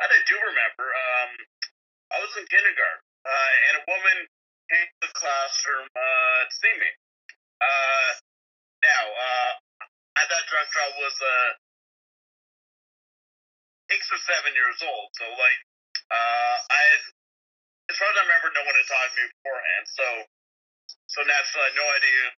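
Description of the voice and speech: A man recounts a childhood memory in slow, halting speech broken by frequent silent blocks, one over two seconds long. He stretches out filler vowels and restarts words partway through. These are stuttering disfluencies, present since age 7, which make his speech much slower than usual.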